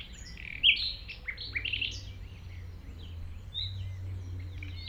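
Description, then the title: Common nightingale song in short, varied phrases of sharp chirps and quick whistled notes, rather quiet, with a steady low hum underneath. Singing in tall grass at Chindrieux, France, approached on foot by the recordist; it is deaf to outside noise while singing. "195 Rue de Vars, 73310 Chindrieux, France - approche d'un rossignol"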